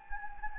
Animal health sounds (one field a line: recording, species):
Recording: mosquito wingbeat signal from an infrared sensor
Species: Anopheles gambiae